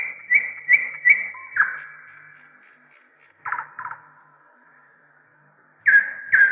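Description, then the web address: Nightingale song with three rapid whistled notes, a dropping note, two short rattles after a pause, and two more loud notes at the end. "slowik spiew slowika"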